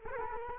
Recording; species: mosquito wingbeat signal from an infrared sensor; Culex quinquefasciatus